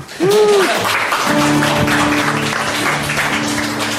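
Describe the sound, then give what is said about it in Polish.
Steady applause from an audience at the Sopot Sailing Club (Sopocki Klub Żeglarski) for a band, a dense wash of clapping that stays loud for several seconds, with whistles, a sustained tone and brief cheers cutting through. “No brawa!”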